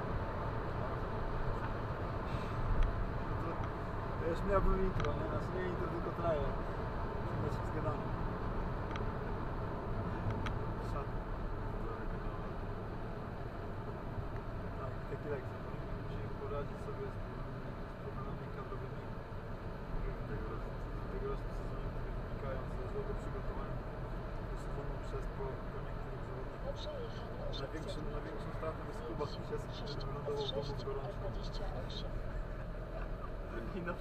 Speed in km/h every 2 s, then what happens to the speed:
110, 107, 103, 102, 92, 77, 67, 62, 56, 55, 57, 59, 60, 59, 58, 57, 59.
0-16 slows to 56. 16-34 steady at about 58.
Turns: none.